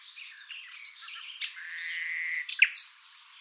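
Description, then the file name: Common nightingale song fragment: scattered chirps, then a long steady whistle that swells, ending in sharp loud notes. "Luscinia megarhynchos"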